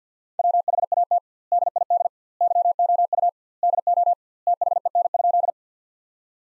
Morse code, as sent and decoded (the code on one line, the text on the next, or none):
.-- .... .- - / -.. .. -.. / -.-- --- ..- / -.. --- / - .... . -. ..--..
WHAT DID YOU DO THEN?